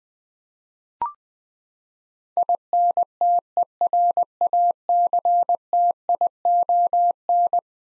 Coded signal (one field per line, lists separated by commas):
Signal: Morse code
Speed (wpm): 20 wpm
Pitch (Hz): 700 Hz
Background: none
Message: INTERACTION